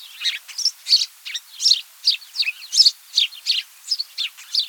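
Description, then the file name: Italian sparrow chirping calls, a run of bright clipped chirps repeated rapidly and unevenly, with no other clear sounds. "Passera Italia"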